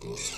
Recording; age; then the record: pig call; weaner (32 to 43 days)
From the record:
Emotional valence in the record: negative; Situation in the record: short isolation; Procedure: open field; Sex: female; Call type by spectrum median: high-frequency call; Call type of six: mixed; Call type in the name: high-frequency modulated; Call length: 0.38 s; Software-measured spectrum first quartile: 936 Hz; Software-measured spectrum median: 3693 Hz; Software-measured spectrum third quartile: 6595 Hz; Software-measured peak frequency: 408 Hz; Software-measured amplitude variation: 113 dB a second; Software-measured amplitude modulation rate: 22.5 a second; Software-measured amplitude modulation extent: 5.0 dB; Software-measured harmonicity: 1.5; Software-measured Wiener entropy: -2.29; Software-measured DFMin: 670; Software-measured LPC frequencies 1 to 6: 415, 1223, 2319, 3634, 4314, 5113 Hz